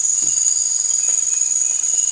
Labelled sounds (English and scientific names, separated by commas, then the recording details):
none
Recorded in dense forest near Puerto Asís, Putumayo, Colombia, on 20 December 2024 at 02:30
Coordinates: 0.468, -76.322
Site G071